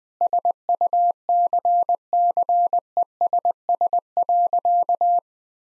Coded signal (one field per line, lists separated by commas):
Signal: Morse code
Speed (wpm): 20 wpm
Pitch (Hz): 700 Hz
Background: none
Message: SUCCESS.